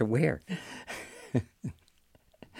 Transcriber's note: soundbite of laughter